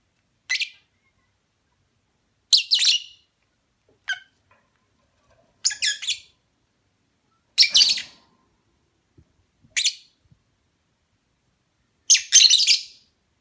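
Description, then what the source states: Lovebird making seven short, piercing chirp bursts spaced about two seconds apart, some single and some doubled, over a quiet background. Lovebird mating call, used as a lure.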